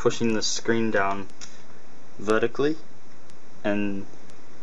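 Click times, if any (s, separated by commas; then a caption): none. A Samsung Ativ Smart PC Pro tablet screen is pushed straight down into its keyboard dock's hinge connector while someone talks, with only a few faint ticks under the speech. The clip ends before the tablet latches, so nothing has seated or clicked yet.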